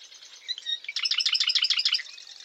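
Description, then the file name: Marsh wren song: soft buzzy chatter, then a loud rapid rattling trill of repeated metallic notes lasting about a second before fading back to faint buzzing. Eastern male marsh wren singing in Massachusetts. "Massachusetts 1 Eastern-male-108 Ma Wr-MA"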